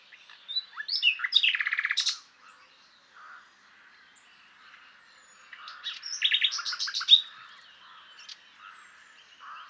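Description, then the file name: Common nightingale song: rapid repeated notes, a dense rattling burst near two seconds, then fainter phrases and another loud trilled series around six to seven seconds. "Luscinia megarhynchos"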